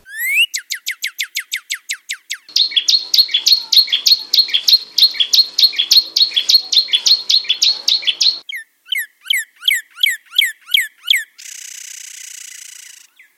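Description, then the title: Bird song: a run of fast upward-sweeping whistles, then a long series of buzzy repeated phrases, more rising notes and a final harsh rasping burst. "SuaraBurung Kicau"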